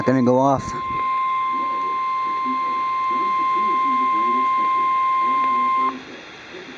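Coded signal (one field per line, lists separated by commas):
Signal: Emergency Alert System (SAME) tones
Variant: 1050 Hz attention tone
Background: speech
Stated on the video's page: Weather radio did not go off because of a bad signal.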